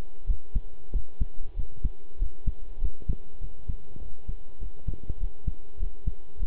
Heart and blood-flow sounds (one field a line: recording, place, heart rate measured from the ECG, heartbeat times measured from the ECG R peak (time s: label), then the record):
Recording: heart sounds by stethoscope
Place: between the tricuspid and mitral areas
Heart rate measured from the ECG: 98 bpm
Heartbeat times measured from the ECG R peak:
0.25 s: heartbeat
0.91 s: heartbeat
1.55 s: heartbeat
2.17 s: heartbeat
2.79 s: heartbeat
3.40 s: heartbeat
3.99 s: heartbeat
4.59 s: heartbeat
5.18 s: heartbeat
5.78 s: heartbeat
6.38 s: heartbeat
From the record:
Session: pedaling a stationary bicycle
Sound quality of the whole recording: good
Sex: male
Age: 23 years